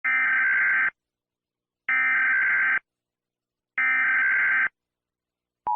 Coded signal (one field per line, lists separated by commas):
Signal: Emergency Alert System (SAME) tones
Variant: header bursts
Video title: United States Emergency Alert System Alarm 1.4272477e+45 / 2^150 times (RE-UPLOAD)